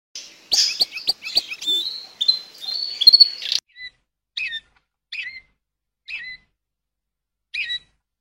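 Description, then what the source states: Canary song: a burst of sharp, varied chips and short whistles, then several sparse, spaced high notes. Waterslager breed canary, singing.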